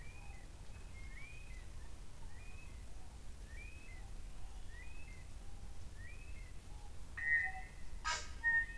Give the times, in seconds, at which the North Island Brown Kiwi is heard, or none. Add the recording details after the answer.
0.00-8.78. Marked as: faintness 4/5. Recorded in New Zealand on 24 November 2013. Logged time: 03:42. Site CF70